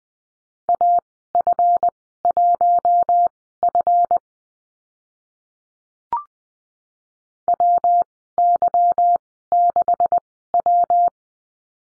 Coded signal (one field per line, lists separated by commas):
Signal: Morse code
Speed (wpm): 19 wpm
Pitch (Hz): 700 Hz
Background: none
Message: AF1F WY6W